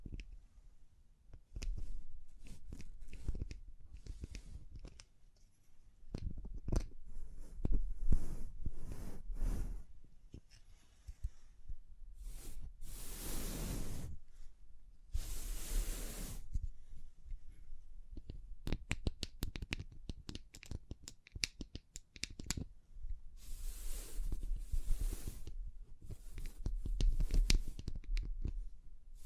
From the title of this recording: Tapping, Scratching, Brushing, Crinkles